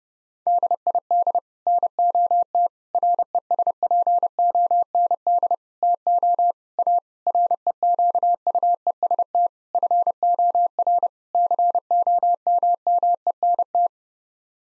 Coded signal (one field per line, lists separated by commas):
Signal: Morse code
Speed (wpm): 30 wpm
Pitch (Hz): 700 Hz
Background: none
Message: DID NOT RESPOND TO A REQUEST FOR COMMENT